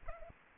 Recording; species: mosquito wingbeat signal from an infrared sensor; Culex pipiens